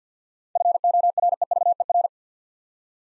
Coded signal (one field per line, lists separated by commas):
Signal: Morse code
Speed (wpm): 47 wpm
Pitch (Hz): 700 Hz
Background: none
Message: FOREVER